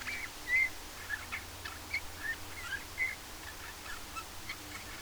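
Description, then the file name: Eurasian bullfinch giving soft, short piped whistles several times in a few seconds, with faint clicks and low background noise. "Pyrrhula pyrrhula"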